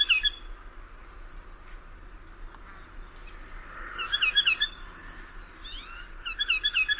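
Bird making brief clusters of bright, rapid chirps, one at the start and more in the last three seconds, over steady low hiss.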